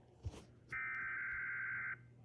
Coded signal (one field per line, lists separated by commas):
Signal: Emergency Alert System (SAME) tones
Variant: header bursts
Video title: New York Required Monthly Test (EAS #60)